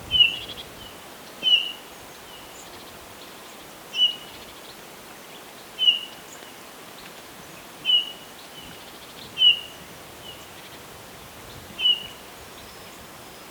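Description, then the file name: Eurasian bullfinch giving short, soft, slightly falling piped notes, one every couple of seconds, over steady background hiss. "Pyrrhula pyrrhula"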